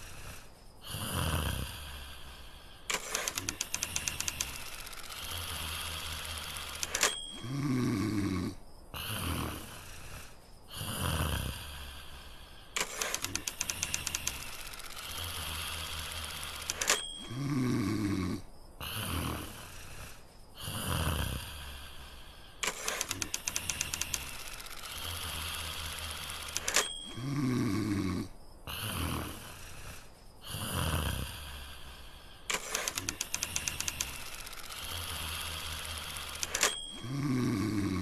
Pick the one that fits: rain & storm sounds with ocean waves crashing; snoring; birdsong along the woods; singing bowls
snoring